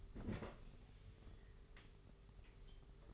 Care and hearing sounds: daily activity, microphone in the room; open fridge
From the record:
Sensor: 4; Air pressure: 991.8 hPa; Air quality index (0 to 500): 101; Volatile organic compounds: 12 ppm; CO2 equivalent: 2373 ppm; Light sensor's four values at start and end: 19/57/22/22 and 18/56/21/22

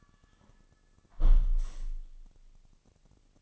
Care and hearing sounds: daily activity, microphone in the room; close window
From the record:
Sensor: 4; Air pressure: 1005.5 hPa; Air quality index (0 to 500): 90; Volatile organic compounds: 2 ppm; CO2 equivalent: 1108 ppm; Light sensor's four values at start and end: 13/29/11/11 and 13/29/11/11

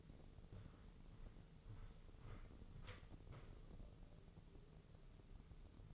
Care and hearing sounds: daily activity, microphone in the room; walk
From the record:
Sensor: 4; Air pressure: 996.7 hPa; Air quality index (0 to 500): 247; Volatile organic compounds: 417 ppm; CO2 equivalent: 4700 ppm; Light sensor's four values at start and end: 51/125/52/52 and 53/131/54/54

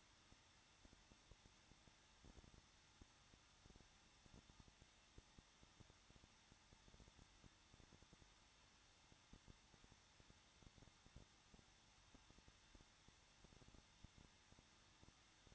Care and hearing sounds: daily activity, microphone in the room; no activity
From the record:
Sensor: 3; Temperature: 21.2 degrees Celsius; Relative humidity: 36.4%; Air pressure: 1006.4 hPa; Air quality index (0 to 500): 224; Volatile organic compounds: 44 ppm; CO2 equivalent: 3209 ppm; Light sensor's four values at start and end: 2/3/2/2 and 2/3/2/2

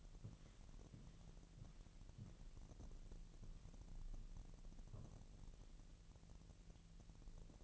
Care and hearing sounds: daily activity, microphone in the room; walk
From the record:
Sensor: 4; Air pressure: 1002.9 hPa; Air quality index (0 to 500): 249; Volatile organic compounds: 27 ppm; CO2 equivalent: 2895 ppm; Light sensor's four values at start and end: 8/17/7/7 and 8/17/7/7

